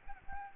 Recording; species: mosquito wingbeat signal from an infrared sensor; Aedes albopictus